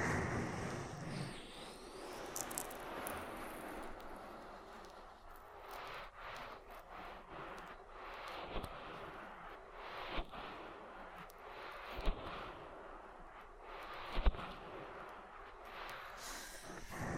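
Oily ear massage makes a steady, dense rubbing and rustling hiss, louder at the start, with sharp squelchy pops near 9, 10, 12 and 14 seconds.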